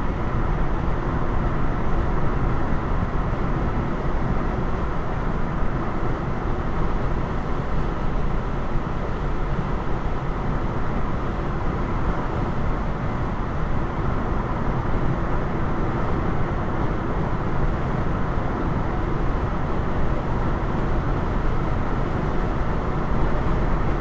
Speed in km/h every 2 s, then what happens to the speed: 105, 105, 105, 105, 105, 105, 105, 105, 105, 105, 105, 103.
0-24 steady at about 105.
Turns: none.